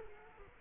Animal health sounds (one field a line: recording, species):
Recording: mosquito wingbeat signal from an infrared sensor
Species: Culex quinquefasciatus